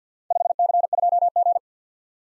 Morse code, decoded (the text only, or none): 5C2G